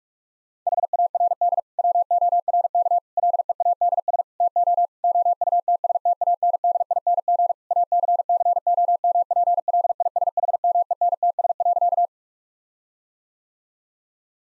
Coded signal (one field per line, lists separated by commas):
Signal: Morse code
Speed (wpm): 41 wpm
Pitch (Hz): 700 Hz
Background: none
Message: HARD WORK LEADS TO OUTSTANDING ACCOMPLISHMENTS.